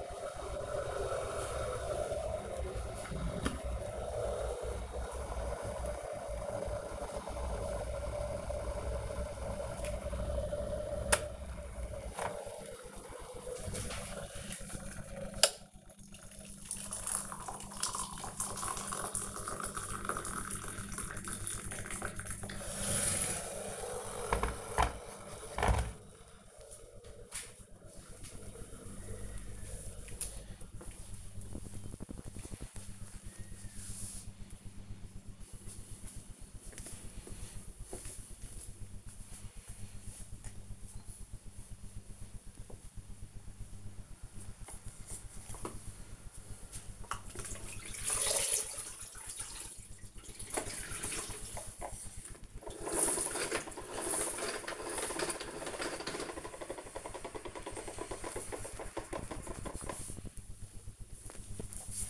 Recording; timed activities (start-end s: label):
household activities, microphone on the right wrist
0.00-24.52 s: making tea
45.59-62.10 s: floor cleaning